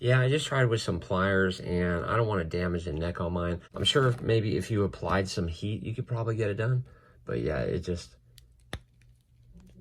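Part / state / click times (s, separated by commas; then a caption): action figure head onto body neck peg / seated / 8.7 s. Someone talks while a plastic action figure head is pushed back onto the neck peg of its body; earlier they tried with pliers and did not want to damage the neck. A sharp snap at 8.7 s marks the head seating onto the peg, surrounded by a few fainter clicks.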